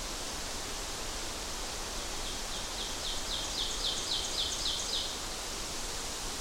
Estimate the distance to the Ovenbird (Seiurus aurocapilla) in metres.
about 60 m